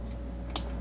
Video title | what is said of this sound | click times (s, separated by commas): Star Wars R2-D2 Animatronic Figure From Home Depot | just like that. And you'll hear how they snap together. | 0.6 s